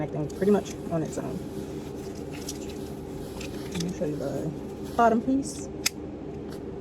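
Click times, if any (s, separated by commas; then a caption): 5.9 s. A seat or bottom piece is connected into the frame of a Wonderfold W4 Luxe wagon while someone talks. A sharp click at 5.9 s shows the piece seating into place.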